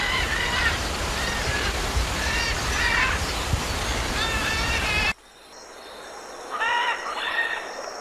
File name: canto da arara militar